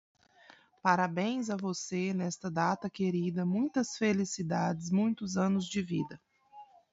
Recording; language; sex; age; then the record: short text; Brazilian Portuguese; female; 30 to 39 years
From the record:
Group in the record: control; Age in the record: 37 years